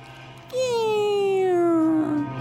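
A dog lets out one long, drawn-out whining howl that slides slowly downward in pitch, steady and fairly loud, with no talking over it.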